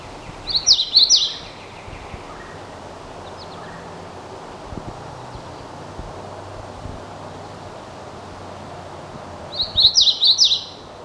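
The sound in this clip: Hooded warbler song: one quick phrase of bright, slurred whistled notes, then a long quiet gap with low rumbling noise, then a second similar phrase near the end.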